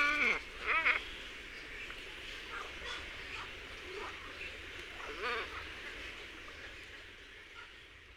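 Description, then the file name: Glossy ibis giving a couple of loud, rough croaks at the start, followed by quieter, hoarse grunting calls spaced throughout against a constant noisy background. "IBIS FALCINELLE"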